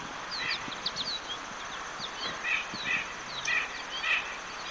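Bird calls: thin high chirps and short paired notes repeated irregularly over steady background hiss.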